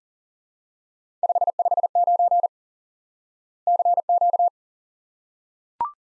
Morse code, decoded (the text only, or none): 559 CQ